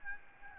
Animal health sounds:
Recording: mosquito wingbeat signal from an infrared sensor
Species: Aedes albopictus

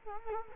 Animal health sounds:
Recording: mosquito wingbeat signal from an infrared sensor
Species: Culex quinquefasciatus

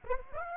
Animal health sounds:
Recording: mosquito wingbeat signal from an infrared sensor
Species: Aedes aegypti

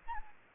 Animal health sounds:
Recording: mosquito wingbeat signal from an infrared sensor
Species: Anopheles gambiae

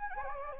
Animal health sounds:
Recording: mosquito wingbeat signal from an infrared sensor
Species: Anopheles gambiae

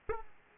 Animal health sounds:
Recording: mosquito wingbeat signal from an infrared sensor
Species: Aedes aegypti

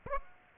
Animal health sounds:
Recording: mosquito wingbeat signal from an infrared sensor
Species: Aedes aegypti

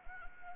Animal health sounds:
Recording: mosquito wingbeat signal from an infrared sensor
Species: Anopheles arabiensis

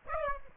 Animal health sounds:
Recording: mosquito wingbeat signal from an infrared sensor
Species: Aedes aegypti

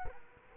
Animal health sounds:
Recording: mosquito wingbeat signal from an infrared sensor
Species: Culex quinquefasciatus

